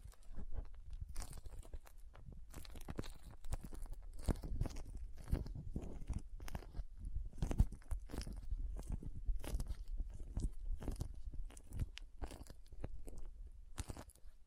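Soft, squishy, sticky handling with crinkling and cutting sounds, made of dense, irregular little crunches and snaps that run continuously through the whole stretch. Short bright crackles pop out every second or so over a low, muffled pressing and squishing underneath.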